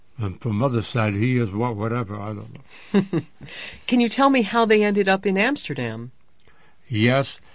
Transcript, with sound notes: And from Mother's side he is, whatever, I don't know.
( he laughs ) Can you tell me how they ended up in Amsterdam?
Yes.